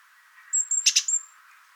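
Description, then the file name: Great tit call: a thin high whistled note broken by a short run of harsh, buzzy rasping notes, then another high thin whistle. "Parus major"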